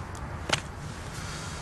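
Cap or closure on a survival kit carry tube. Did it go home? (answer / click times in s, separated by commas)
yes / 0.5 s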